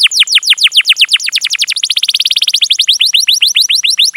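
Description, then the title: Canary trilling, sharp downward-swept notes accelerating into a very quick roll and easing off again, all high-pitched and bright. Long, continuous chatty (gacor panjang) song, used as a lure (pancingan) to prompt a canary to sing and as tutoring (masteran) material. "PANCINGAN Kenari GACOR PANJANG. Pancingan Gacor Masteran"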